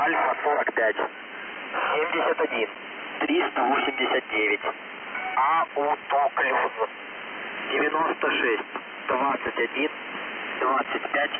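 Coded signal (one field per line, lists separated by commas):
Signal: coded military voice message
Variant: The Squeaky Wheel, Russian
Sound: russian male voice reading a callsign, then short groups of numbers and a codeword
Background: radio static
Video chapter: 00:48 позывной 00:51 сообщение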